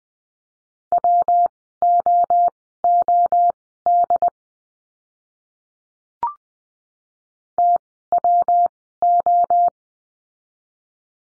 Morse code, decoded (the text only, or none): WOOD TWO